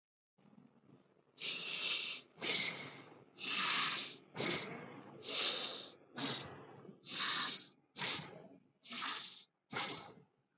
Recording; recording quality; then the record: shallow breathing; poor, much background noise or distortion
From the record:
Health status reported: exposed to COVID-19, no respiratory illness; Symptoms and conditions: none ticked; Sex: male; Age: 32 years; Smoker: yes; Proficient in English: yes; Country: India